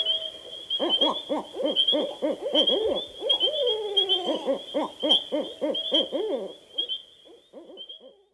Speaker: here's a conversation between two barred owls.